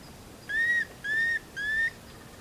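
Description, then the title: Planalto tyrannulet giving three clear, evenly spaced whistled notes, the last rising slightly, over a soft hiss. Subspecies cearae. "LuckyPassaro Completos2Sama. Planalto Tyrannulet (Phyllomyias fasciatus cearae)"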